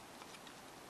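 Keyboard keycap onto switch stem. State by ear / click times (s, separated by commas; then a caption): not seated / none. A labeled plastic keycap is handled and lined up over its keyboard switch stem, with faint light ticks over a steady hiss. Nothing has seated or clicked yet.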